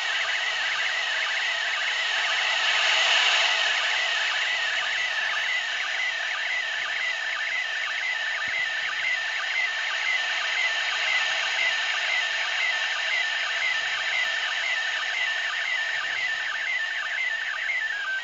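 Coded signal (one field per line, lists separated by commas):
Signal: SSTV (slow-scan television)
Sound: warbling tone sweeping up and down in steady repeating lines, buried in loud hiss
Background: FM radio static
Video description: Receiving SSTV images from ISS during the event of "Expedition 59 - ARISS Series 13"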